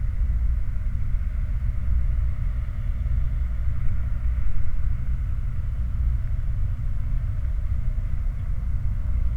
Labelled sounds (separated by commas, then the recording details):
machinery, flare stack
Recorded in the Prudhoe Bay oil fields, Alaska, on 17 July 2019 at 09:38
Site 29